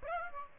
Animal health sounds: mosquito wingbeat signal from an infrared sensor; Aedes aegypti

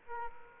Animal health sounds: mosquito wingbeat signal from an infrared sensor; Aedes aegypti

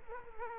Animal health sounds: mosquito wingbeat signal from an infrared sensor; Culex quinquefasciatus

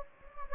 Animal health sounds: mosquito wingbeat signal from an infrared sensor; Anopheles gambiae

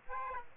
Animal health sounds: mosquito wingbeat signal from an infrared sensor; Aedes aegypti

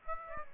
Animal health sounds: mosquito wingbeat signal from an infrared sensor; Aedes aegypti

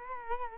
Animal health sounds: mosquito wingbeat signal from an infrared sensor; Culex quinquefasciatus

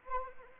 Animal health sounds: mosquito wingbeat signal from an infrared sensor; Anopheles arabiensis

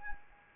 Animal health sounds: mosquito wingbeat signal from an infrared sensor; Anopheles arabiensis

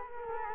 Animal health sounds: mosquito wingbeat signal from an infrared sensor; Culex quinquefasciatus

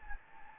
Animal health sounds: mosquito wingbeat signal from an infrared sensor; Anopheles gambiae

